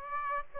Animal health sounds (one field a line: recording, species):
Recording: mosquito wingbeat signal from an infrared sensor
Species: Aedes aegypti